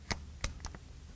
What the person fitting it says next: that snaps into place now